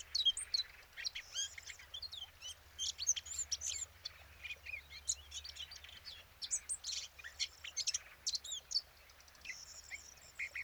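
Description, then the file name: Eurasian blackcap giving long, quiet runs of jumbled high twittering notes that come in bursts with short gaps throughout; steady low background hum. "Sylvia atricapilla"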